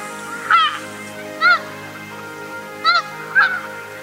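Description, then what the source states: Snow goose honks, four clear nasal yelping calls at uneven intervals, over a faint low steady hum. Tokachi Plain, Hokkaido, Japan.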